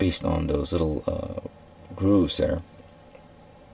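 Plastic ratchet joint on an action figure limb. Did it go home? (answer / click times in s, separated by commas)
no / none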